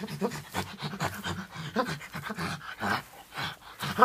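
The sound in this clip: Chimpanzee pant series, rapid hoarse in-and-out breaths with harsh voiced bursts, repeating throughout without pause.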